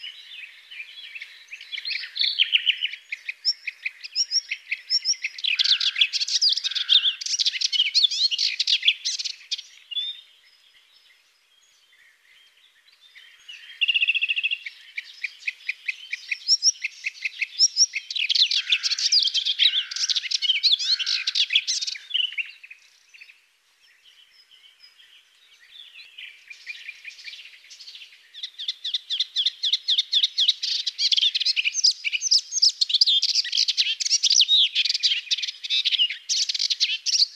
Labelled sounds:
Melodious Warbler song
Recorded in the wild
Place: St. Laurent des Arbres und Umgebung, FR
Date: 2004-05-25
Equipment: MiniDisc Sharp MT 20 H, Telinga DAT, Telinga-Parabolspiegel
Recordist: Schwarz, Dieter

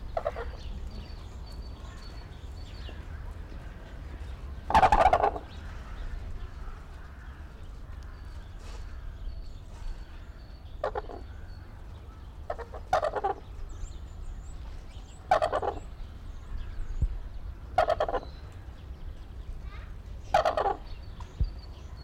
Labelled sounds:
Red-crowned Crane
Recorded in captivity
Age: adult
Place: Zoo Berlin, Berlin, DE
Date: 1994-03-05 12:19
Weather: heiter, 4°C, Windböen
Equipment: Marantz CP 430, Sennheiser ME 80, Kopie Uher Variocord 263
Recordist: Tembrock, Günter

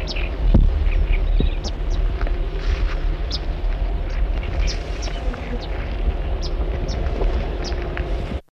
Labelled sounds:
Southern Red Bishop call
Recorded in the wild
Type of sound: call
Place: Windhoek, Khomas
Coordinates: -22.5609, 17.0658
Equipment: Halbspur, 9,5 cm/s
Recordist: Lütgens, Hans
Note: Rufe

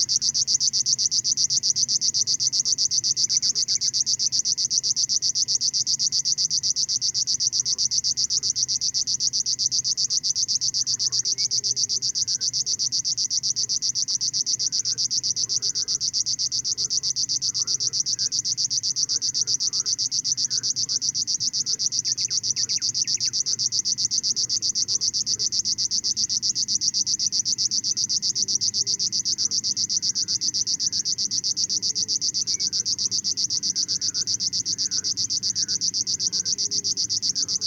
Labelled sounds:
Thrush Nightingale song
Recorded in the wild
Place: Zirkow, Insel Rügen, Mecklenburg-Vorpommern, DE
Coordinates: 54.377, 13.536
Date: 1975-06-06 20:00
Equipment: Nagra III BH, Sennheiser MD 21, parabola
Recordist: Schubert, Michael

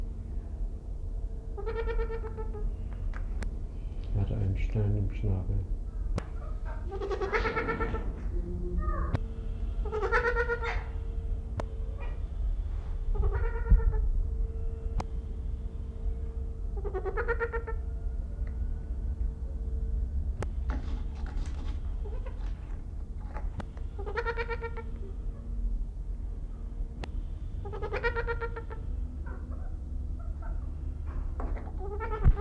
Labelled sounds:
Trumpeter Hornbill call
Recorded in captivity
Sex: pair
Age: adult
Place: Zoo Berlin, Berlin, DE
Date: 1994-10-01 12:52
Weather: wolkig (Regen)-heiter, 12°C
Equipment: Marantz CP 430, Sennheiser ME 80, Kopie Uher Variocord 263
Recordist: Tembrock, Günter

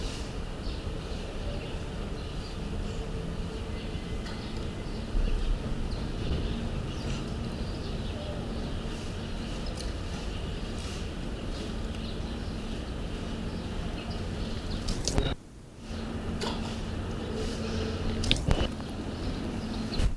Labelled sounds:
Mantled Guereza call
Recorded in captivity
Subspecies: kikuyuensis
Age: adult
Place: Zoo Leipzig, Sachsen, DE
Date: 1968-12-07
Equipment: Uher 4000 Report-S, Sennheiser MD 421
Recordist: Tembrock, Günter

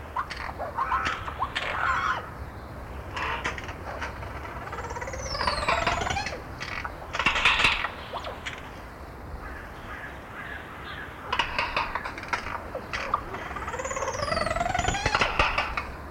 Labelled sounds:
Yellow-faced Myna call
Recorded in captivity
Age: adult
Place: Zoo Berlin, Berlin, DE
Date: 1994-02-05 12:26
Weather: heiter bis wolkig, 0 °C, Wind
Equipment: Marantz CP 430, Sennheiser MKH 416 T, Kopie Uher Variocord 263
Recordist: Tembrock, Günter

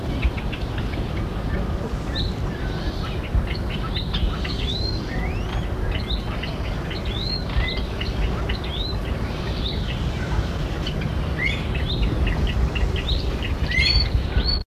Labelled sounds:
Java Sparrow begging call
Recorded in captivity
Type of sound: begging call
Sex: diverse
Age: diverse
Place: Vogelpark Walsrode, Niedersachsen, DE
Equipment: Halbspur, 9,5 cm/s
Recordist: Lütgens, Hans
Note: Mit bettelnden Jungen

